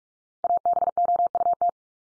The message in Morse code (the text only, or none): ABOUT